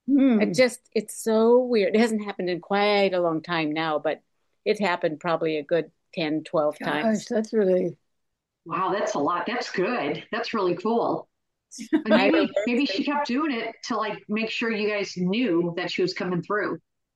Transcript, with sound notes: it's so weird. It hasn't happened in quite a long time now, but it happened probably a good 10, 12 times.
Gosh, that's really...
Wow, that's a lot. That's good. That's really cool.
(laughs)
Maybe.
Maybe she kept doing it to like make sure you guys knew that she was coming through.